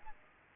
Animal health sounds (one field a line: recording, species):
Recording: mosquito wingbeat signal from an infrared sensor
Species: Aedes albopictus